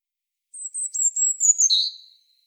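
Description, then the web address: European robin song: a very high, thin warbling whistle held for over a second, dropping sharply to a lower drawn-out note at the end. "SETE data Erithacus rubecula"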